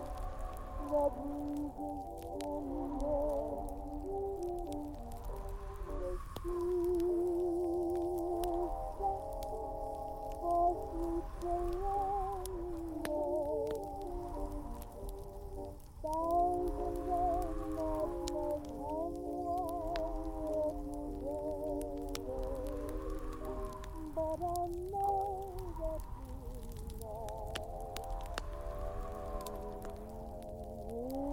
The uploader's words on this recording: Wind and fire crackling sounds.